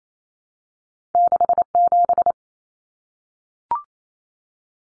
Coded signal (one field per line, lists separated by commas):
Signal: Morse code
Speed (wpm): 28 wpm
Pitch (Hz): 700 Hz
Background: none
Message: 67